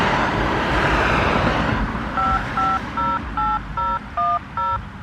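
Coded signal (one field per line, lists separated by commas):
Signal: DTMF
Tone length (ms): 210 ms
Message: 5508010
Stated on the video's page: Pager test tones for a fire department siren, sent by county.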